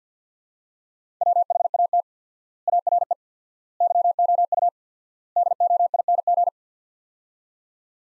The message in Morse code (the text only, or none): WHAT ARE YOU DOING